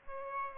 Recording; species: mosquito wingbeat signal from an infrared sensor; Aedes aegypti